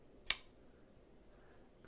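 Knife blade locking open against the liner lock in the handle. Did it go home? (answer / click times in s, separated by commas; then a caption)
yes / 0.3 s. A light, slender CRKT Crossbones flipper knife with an AUS 8 blade of about four and a half inches is flicked open, and its steel liner lock snaps in behind the blade. A single small, sharp click is heard at 0.3 s, then quiet. The blade is locked open.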